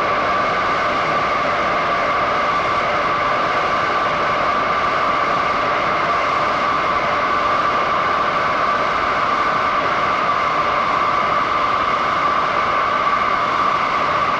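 A railroad switch gas-jet flute roars and whistles without a break, a dense rushing hiss with several steady pitched tones singing through it. The sound holds the same level and character for the whole stretch, with a low rumble underneath and no separate events.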